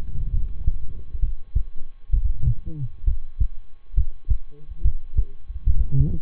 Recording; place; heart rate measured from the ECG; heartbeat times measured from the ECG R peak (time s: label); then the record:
heart sounds by stethoscope; between the tricuspid and mitral areas; 68 bpm
0.30 s: heartbeat
1.19 s: heartbeat
2.09 s: heartbeat
3.04 s: heartbeat
3.94 s: heartbeat
4.81 s: heartbeat
5.63 s: heartbeat
From the record:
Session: rest, lying down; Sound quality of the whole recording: good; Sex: male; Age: 23 years